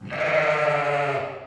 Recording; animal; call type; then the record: contact call of a hoofed animal; sheep; low-frequency (closed-mouth) or high-frequency (open-mouth) call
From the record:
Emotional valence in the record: negative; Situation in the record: short social isolation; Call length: 1.47 s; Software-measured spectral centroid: 1720 Hz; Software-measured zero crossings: 2040 a second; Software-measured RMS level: -24 dBFS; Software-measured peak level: -9 dBFS